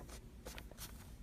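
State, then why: Not seated. A plastic handle section of an MVKA spray mop is pushed into the socket on the mop body. Soft scraping and rubbing bursts sound around 0.1, 0.5 and 0.8 seconds over a low steady hum. No click is heard, and the section has not clicked into place.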